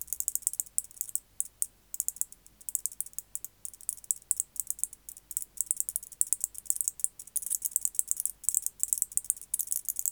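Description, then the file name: White-faced bush-cricket song: steady, rapid, high ticking with a few brief gaps. "Decticus albifrons"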